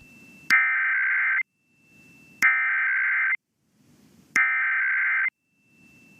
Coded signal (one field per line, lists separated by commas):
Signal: Emergency Alert System (SAME) tones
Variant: header bursts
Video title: [EAS #1976-1982] The Testing Mayhem Continues (12/14/22 - 12/15/22)